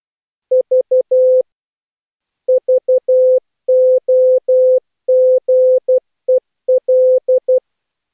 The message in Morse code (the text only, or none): V VOGEL